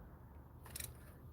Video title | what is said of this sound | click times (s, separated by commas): BMW (2006-2013) 325i, 328i, 330i.OIL FILTER HOUSING GASKET REPLACEMENT | come on baby there we go hear that boom that one's 16 | 0.8 s